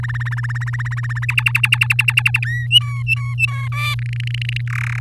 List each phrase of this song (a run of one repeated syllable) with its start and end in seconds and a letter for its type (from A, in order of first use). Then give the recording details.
0.03-1.25 A, 1.28-2.44 B, 2.45-2.67 C, 2.71-3.68 D, 3.72-3.94 E, 3.99-4.61 F, 4.67-4.99 G. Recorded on 9 May 2018 at 05:31. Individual llb16